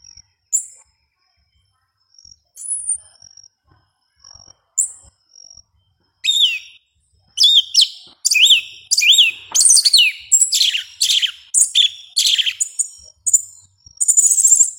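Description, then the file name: Yellow-legged thrush starting with sparse thin high notes, then a lively, rapid stream of squeaky, warbling, sliding phrases. "Canto do sabia una"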